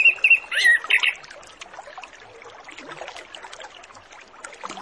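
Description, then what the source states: Orange-headed Thrush song: a quick run of high whistled, warbling notes in the first second, then only a steady hissing background. Lure recording meant to prompt Orange-headed Thrushes to sing quickly and openly; a full master ('masteran') training track with fill-in ('isian') song phrases.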